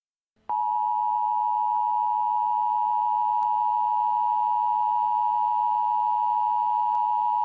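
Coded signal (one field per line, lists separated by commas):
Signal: Emergency Alert System (SAME) tones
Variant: 853 and 960 Hz attention tone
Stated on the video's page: Real Tornado Warning alert for a confirmed tornado in Waverly, Iowa.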